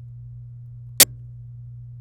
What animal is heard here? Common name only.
Domestic Canary